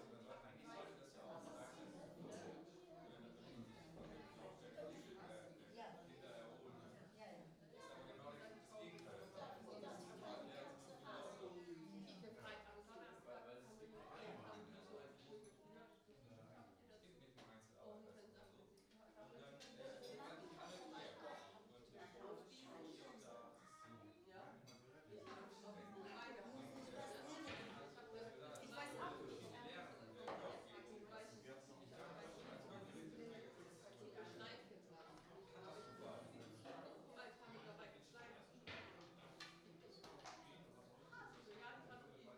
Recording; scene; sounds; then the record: everyday scene through a hearing-aid microphone; many people talking; many voices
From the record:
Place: parish hall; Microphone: in the ear canal, right